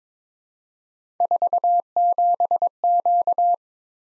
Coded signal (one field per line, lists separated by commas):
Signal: Morse code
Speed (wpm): 22 wpm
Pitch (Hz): 700 Hz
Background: none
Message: 47Q